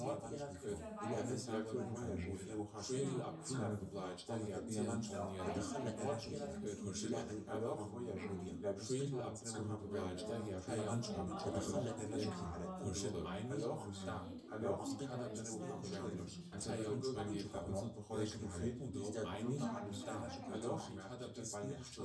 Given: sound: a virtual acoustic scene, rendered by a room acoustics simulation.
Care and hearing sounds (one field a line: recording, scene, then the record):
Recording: noise of the scene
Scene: living room, symmetric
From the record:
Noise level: 70 dB SPL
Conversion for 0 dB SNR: 6.9 dB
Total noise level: 76.9 dB SPL